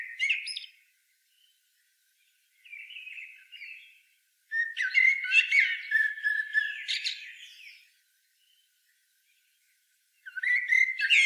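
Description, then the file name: Common blackbird singing separate phrases broken by silences; the longest is a rich warble sliding into shrill chattering notes, followed by a brief closing burst. "Turdus merula"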